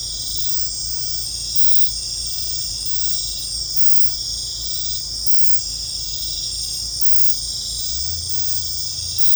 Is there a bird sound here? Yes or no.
no